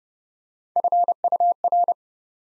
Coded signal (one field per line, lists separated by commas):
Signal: Morse code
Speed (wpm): 30 wpm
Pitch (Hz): 700 Hz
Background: none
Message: FUR